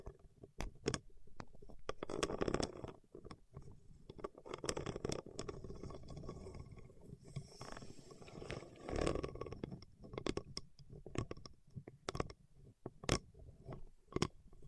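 Fingertips work over wax, making sticky clicks and taps that come irregularly all the way through. Between them run soft, low squishing and rubbing sounds that swell around the two-, five- and nine-second marks before thinning out again.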